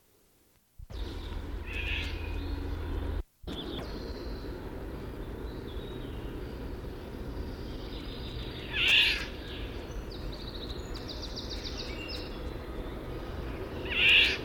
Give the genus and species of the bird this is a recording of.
Oriolus oriolus